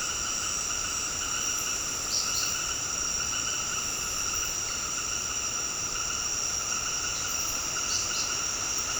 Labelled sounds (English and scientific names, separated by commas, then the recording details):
none
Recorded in secondary vegetation near Puerto Asís, Putumayo, Colombia, on 24 March 2025 at 18:00
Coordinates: 0.502, -76.326
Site G100